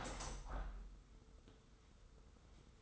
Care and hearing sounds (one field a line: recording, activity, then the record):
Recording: daily activity, microphone in the room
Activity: open window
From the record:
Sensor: 3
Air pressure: 990.3 hPa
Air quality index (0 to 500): 191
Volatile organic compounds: 1000 ppm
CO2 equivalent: 6222 ppm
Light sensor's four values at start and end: 32/75/30/29 and 33/76/31/29